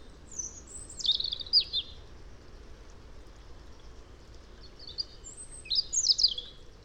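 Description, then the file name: European robin song: two bursts of thin, high, tumbling warbled phrases, separated by a pause, over a steady low rushing background. "Erithacus rubecula"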